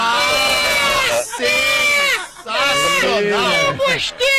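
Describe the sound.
A voice imitates a novelty car horn, the kind called a 'buzina paquera' (flirting horn), in three loud, wavering, bleating blasts, each sliding up and down in pitch, with short breaks between them.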